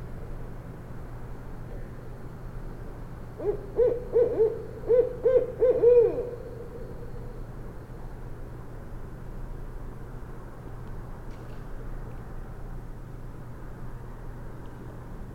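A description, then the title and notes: A barred owl gives a burst of rhythmic hoots from about four to six seconds, over a steady low rumble that fills the clip. Additionally some cars can be heard on the George Washington Memorial Parkway. With Fostex FR2, Sennheiser ME62, and Telinga Parabola.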